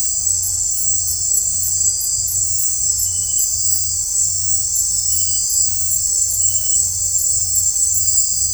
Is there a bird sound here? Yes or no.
no